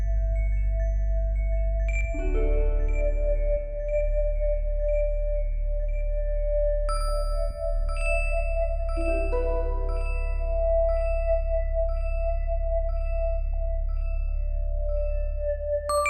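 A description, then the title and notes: Echoing bells ring out with clear, sustained tones that hang and slowly fade. New strikes land around two, seven, eight and nine seconds, each adding bright overtones over a steady hum. A deep, constant rumble runs underneath the whole time. Hardly Strictly Echoing Bells. A simpler version of Echoing Bells.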